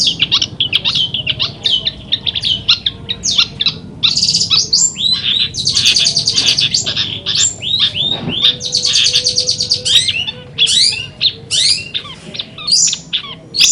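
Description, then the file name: Long-tailed shrike song: a dense, rapid stream of varied high chirps, whistles and scratchy buzzes, with fast rising and falling notes and brief pauses between bursts. Song heard during a simulated songbird competition held at a gathering. "simulasi-lomba-cendet-gathering 4-omkicau"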